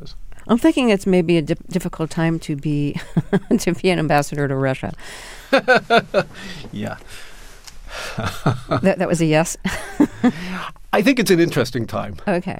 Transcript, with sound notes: I'm thinking it's maybe a difficult time to be an ambassador to Russia.
(Laughter) Yeah.
That was a yes (laughter)?
I think it's an interesting time.